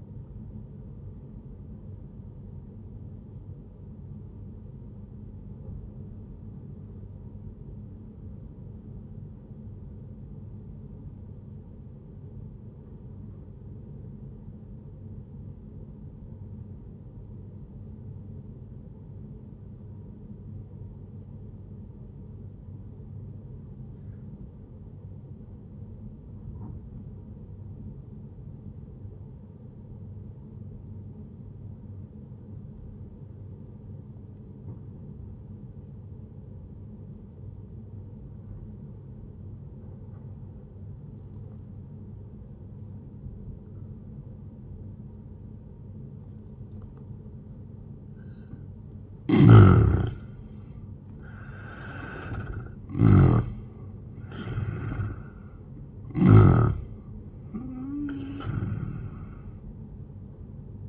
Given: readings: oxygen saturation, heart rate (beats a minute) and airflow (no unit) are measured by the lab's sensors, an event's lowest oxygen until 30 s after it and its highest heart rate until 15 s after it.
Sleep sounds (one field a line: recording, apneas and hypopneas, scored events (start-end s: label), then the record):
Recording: breathing in sleep by a smartphone at the bedside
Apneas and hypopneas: 1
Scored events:
3.00-33.00 s: new sleep stage, N1 (lightest sleep)
5.00-48.80 s: obstructive apnea (N1, oxygen 97% highest, then 82% lowest, heart rate 69 at the start, 123 highest)
33.00-60.89 s: new sleep stage, N2 (light sleep)
From the record:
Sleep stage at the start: N2 (light sleep)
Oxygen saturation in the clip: 84 to 97%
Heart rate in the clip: 69 to 123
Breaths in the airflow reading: 3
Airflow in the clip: -9.8 to 14.5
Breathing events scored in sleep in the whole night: 131 in 7.2 hours asleep